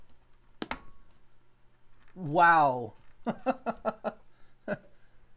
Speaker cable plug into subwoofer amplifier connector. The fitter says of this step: maybe that'll make all the difference they they actually uh click into place